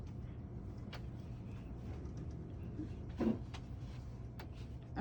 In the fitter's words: so there is the click so now we have the inventor okay